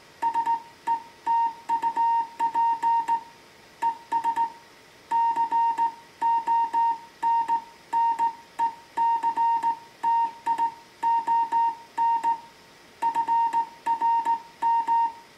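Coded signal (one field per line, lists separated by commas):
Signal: Morse code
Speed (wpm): 17 wpm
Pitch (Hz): 920 Hz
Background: music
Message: SETUP ES CONNECTION FRM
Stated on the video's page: Slow-speed CW contact sent with a straight key on a restored Heathkit HW-101 transceiver.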